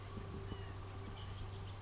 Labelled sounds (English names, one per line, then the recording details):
Chestnut-backed Chickadee
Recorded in Sonoma County, California